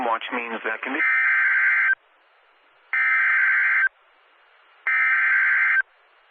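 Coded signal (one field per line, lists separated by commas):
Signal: Emergency Alert System (SAME) tones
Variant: header bursts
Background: speech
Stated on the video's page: Two severe thunderstorm warnings and a special marine warning broadcast on NOAA Weather Radio station KWO35, Upton, New York.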